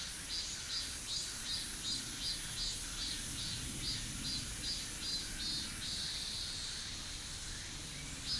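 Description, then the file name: Insects chirping: a regular train of high, brief pulses repeated a few times per second, then a sustained buzz, under steady background hiss. "mainly insect"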